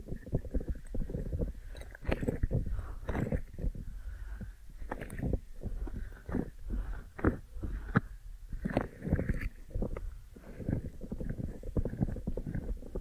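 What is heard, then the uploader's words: Deep ear massage: dense, continuous rubbing and muffled scraping with frequent soft thumps and brighter scratchy bursts every second or so. ASMR Deep Ear Massage for Sleep(No Talking).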